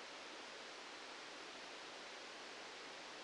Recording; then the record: brain microelectrode recording played as sound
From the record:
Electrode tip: outside the subthalamic nucleus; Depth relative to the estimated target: -10 mm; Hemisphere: left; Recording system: NeuroSet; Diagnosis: Parkinson's disease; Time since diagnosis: 13 years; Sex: male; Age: 65 years